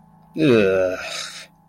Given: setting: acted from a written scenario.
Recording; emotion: vocal sound without words; disgust